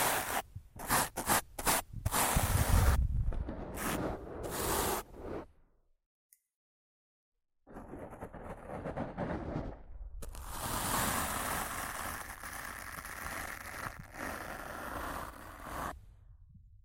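Rough scratching and brushing on a microphone, starting with bursts of loud, bright scrapes and low thuds over the first five seconds. The sound then cuts to near silence from about six to eight seconds. Steadier, denser brushing follows, continuing hissy and uneven to the end.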